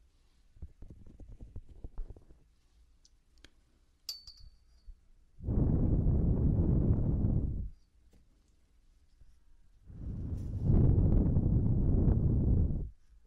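Muffled ear cleaning and touching sounds. Soft scattered rubs and light clicks fill the first few seconds, then two loud dense rumbling scrapes follow, one from about 5 to 8 seconds and another from about 10 to 13 seconds, low and heavy like something pressed right against the ear.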